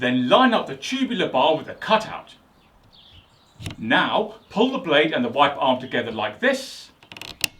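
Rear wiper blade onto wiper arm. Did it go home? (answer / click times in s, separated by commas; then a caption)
yes / 7.4 s. A plastic rear wiper blade on a Nissan Micra K11 is pulled together with the metal wiper arm so it latches onto the tubular bar while someone talks. After a few small ticks, a sharp click at 7.4 s marks the blade seating onto the arm.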